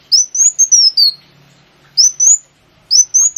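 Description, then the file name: Sunbird song: three high, thin whistled phrases of linked notes, separated by short pauses. Lure recording (pancingan) of kolibri wulung song. "suara burung kolibri wulung pancingan"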